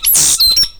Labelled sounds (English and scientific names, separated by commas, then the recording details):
Stitchbird (Notiomystis cincta) song
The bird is a male
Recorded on Tiritiri Matangi Island, New Zealand, in 2005
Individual 8, of nest box 10